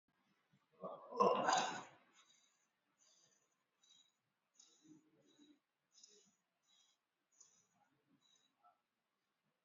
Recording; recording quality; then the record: deep breathing; excellent, no background noise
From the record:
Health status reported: exposed to COVID-19, no respiratory illness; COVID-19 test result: negative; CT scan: not taken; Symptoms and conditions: cough, sore throat, fever, muscle pain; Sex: male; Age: 26 years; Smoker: no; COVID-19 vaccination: none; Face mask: worn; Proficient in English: yes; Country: India